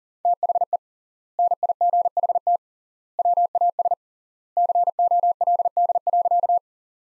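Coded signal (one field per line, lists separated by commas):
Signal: Morse code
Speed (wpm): 40 wpm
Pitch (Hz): 700 Hz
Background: none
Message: THE NIGHT WAS COLD.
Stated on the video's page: Morse practice sentences from the top 400 words at 40 wpm with 3x word spacing, a word-level variant of Farnsworth spacing.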